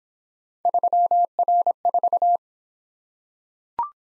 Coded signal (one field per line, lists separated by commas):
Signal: Morse code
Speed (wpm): 22 wpm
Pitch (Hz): 700 Hz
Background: none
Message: 3R4